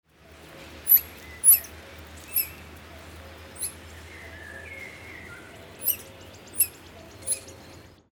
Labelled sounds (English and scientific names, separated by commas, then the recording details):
Hog Deer (Axis porcinus)
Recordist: Tembrock, Günter
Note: Weibliches Tier: Rufe